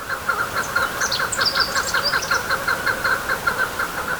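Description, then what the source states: Chukar partridge calling with a rapid chain of chuck notes, as other birds chirp higher up. Name derives from its voice; the call is a kind of song, also a territorial call and a contact call in several variants.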